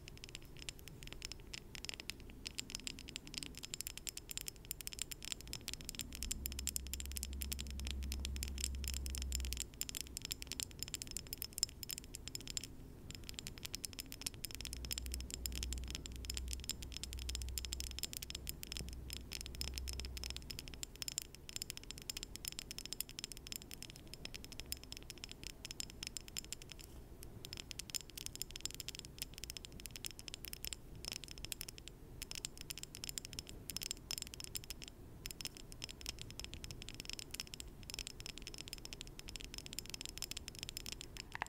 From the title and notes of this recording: ASMR 100% Pure Tapping For Tingles & Sleep (No Talking).